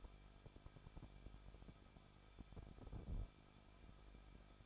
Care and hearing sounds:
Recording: daily activity, microphone in the room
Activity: no activity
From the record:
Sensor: 5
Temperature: 20.8 degrees Celsius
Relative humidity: 38.2%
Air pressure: 1006.7 hPa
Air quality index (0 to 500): 184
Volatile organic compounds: 17 ppm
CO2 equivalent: 2578 ppm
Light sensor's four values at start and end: 2/3/1/1 and 2/3/1/1

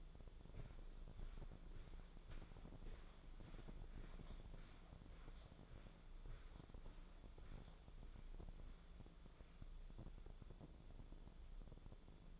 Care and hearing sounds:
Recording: daily activity, microphone in the room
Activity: walk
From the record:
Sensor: 5

